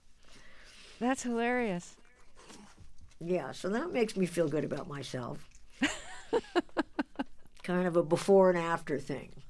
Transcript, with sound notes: That's hilarious.
Yeah, so that makes me feel good about myself.
(Laughter).
Kind of a before-and-after thing